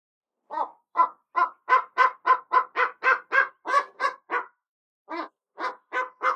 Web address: eagle bateleur chirp